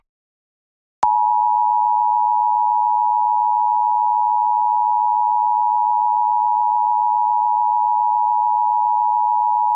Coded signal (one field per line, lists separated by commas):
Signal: Emergency Alert System (SAME) tones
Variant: 853 and 960 Hz attention tone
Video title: EAS Tornado Warning for Chicago, IL on WSRB FM (EAS #110)